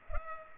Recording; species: mosquito wingbeat signal from an infrared sensor; Culex pipiens